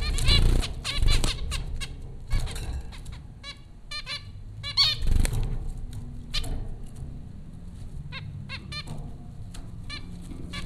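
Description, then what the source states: Zebra finch calls, frequent short nasal toots in irregular clusters over a low background rumble. Zebra finches recorded at Popcorn School, Flatbush, Brooklyn, New York, in April 2009.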